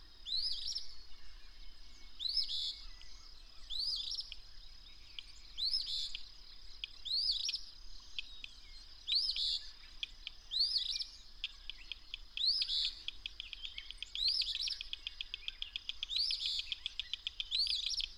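Bird song of upswept whistled phrases with a brief buzz, repeated many times, with a fast run of ticking notes near the end.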